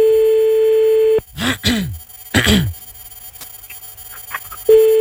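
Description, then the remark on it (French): A steady, mid-pitched telephone ringback tone holds for about a second, stops while a couple of brief voiced groans or murmurs fill the gap, then the same tone starts again. “Ça sonne, hein.”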